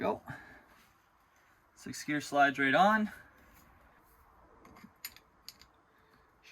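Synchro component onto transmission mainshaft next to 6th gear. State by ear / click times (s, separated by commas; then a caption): seated / 5.1 s, 5.5 s. During an NV5600 transmission rebuild, 6th gear is slid onto the mainshaft and the next steel synchro component is fitted beside it. Someone talks at first, then sharp metallic clicks ring out at 5.1 s and 5.5 s. The synchro component clicks home and is seated on the mainshaft.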